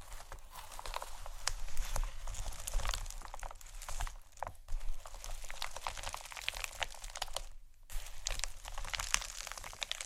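Irregular tapping and scratching on marble and wood, with dense crisp clicks and crinkles throughout, briefly stopping around four and eight seconds.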